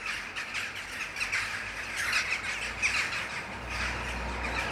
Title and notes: ｐａｔｚｒ ｒａｄｉｏ ｎｉｎｅｔｙ－ｓｅｖｅｎ－ｂ - untitled [Jackdaws, mainly]. the jackdaws were so good this afternoon. this territorial racket any day i'm around near sunset